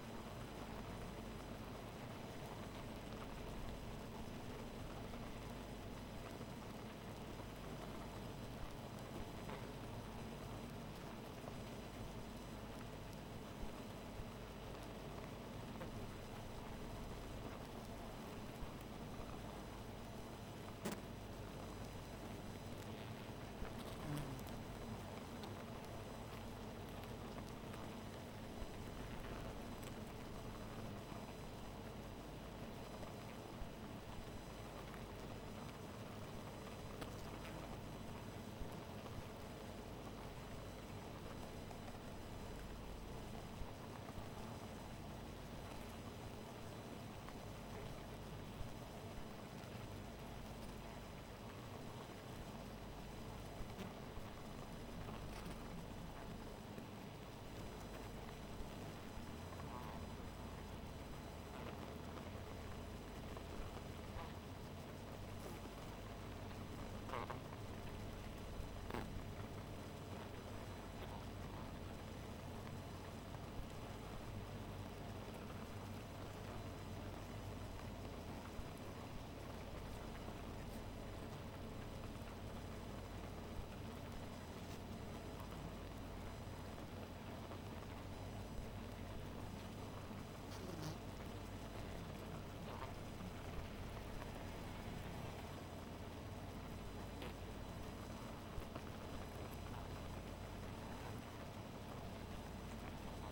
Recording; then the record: honeybee colony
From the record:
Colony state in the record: missing queen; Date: 14 July 2017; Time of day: 2:11